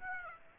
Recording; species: mosquito wingbeat signal from an infrared sensor; Aedes aegypti